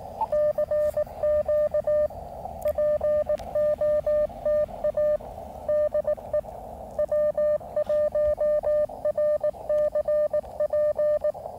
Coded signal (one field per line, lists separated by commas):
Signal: Morse code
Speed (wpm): 19 wpm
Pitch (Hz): 600 Hz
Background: radio noise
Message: CQ POTA DE W1RCP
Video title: Can the 17’ random wire work from the Gigaparts POTA20 mast QRP CW? Ham Radio experimenting again!